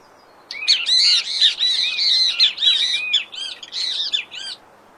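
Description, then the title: Great kiskadee in an excited burst of rapid, harsh, squawky notes, tumbling over one another for about four seconds before stopping. Wild, singing in nature, Brazil. "O CANTO DO BEM TE VI NA NATUREZA Aves Do Brasil"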